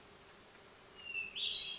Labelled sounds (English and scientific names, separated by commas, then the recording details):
Hermit Thrush (Catharus guttatus)
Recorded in Sonoma County, California